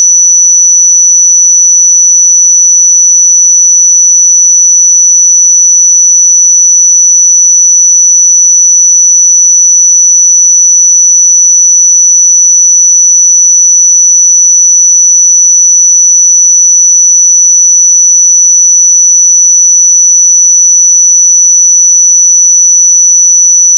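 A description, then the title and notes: A pure 5937 Hz sine tone holds perfectly steady for the full length, a single thin, high, piercing whistle with no wavering. Its loudness stays constant from start to finish, and nothing else can be heard behind it. 5937 Hz 1 Hz Interval Sine Pure Tone Frequency 441000 Sample Mono.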